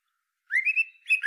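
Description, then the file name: Common blackbird song: a short rising fluty whistle running into a brief warbled phrase. "Turdus merula"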